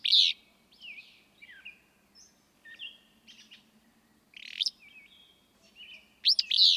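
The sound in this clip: Willow flycatcher song: sharp, sneezy bursts at the start, middle and end, with fainter short notes in between.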